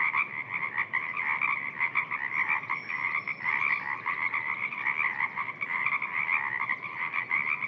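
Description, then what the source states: Pacific tree frogs calling together, many overlapping raspy croaks forming a dense continuous chorus, with a faint high whistle briefly in the middle. Many calling from a freshwater marsh under old-growth Sitka spruce and western hemlock; national park.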